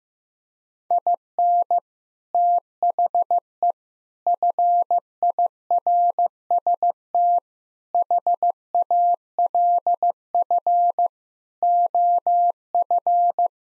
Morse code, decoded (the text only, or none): IN THE FIRST HALF OF